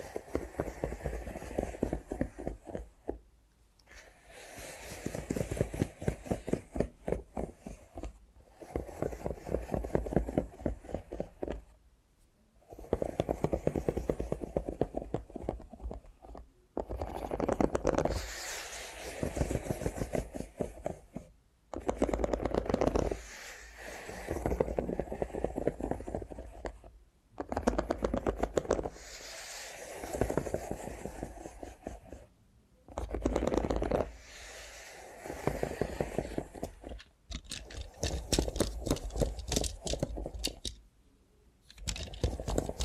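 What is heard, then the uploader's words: ASMR handling sounds with a robot hand, without talking: bursts of dense, rapid crackling and scratching, each lasting a few seconds, separated by brief silences about every four to five seconds. The texture is fuller in the low and middle range, with fine, bright clicks above. Try ASMR with a Robot Hand (No Talking).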